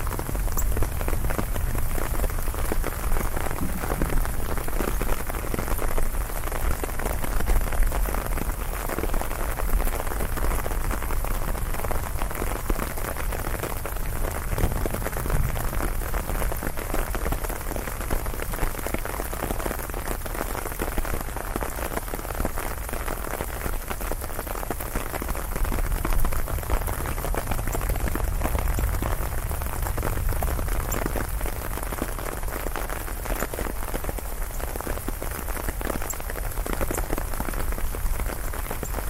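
Steady rain falls throughout, a dense hiss of countless drops pattering on surfaces with no pauses. Low rumbling swells rise and fade underneath around 5–8, 14–16 and 26–30 seconds, while the overall loudness stays even from start to finish.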